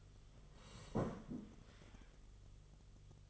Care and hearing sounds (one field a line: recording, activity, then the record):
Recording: daily activity, microphone in the room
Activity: sit down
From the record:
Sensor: 4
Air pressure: 1005.9 hPa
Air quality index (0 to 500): 111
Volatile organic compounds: 3 ppm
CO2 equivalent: 1398 ppm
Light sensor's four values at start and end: 13/28/11/10 and 13/28/11/10